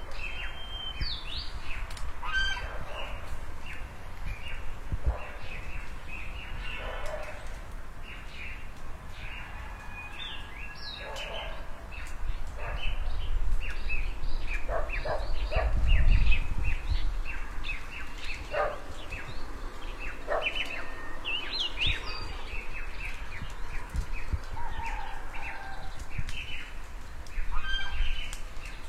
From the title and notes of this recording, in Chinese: 实录早上屋前鸟叫村里鹅叫。小鸟叽叽咂咂互相嬉闹着。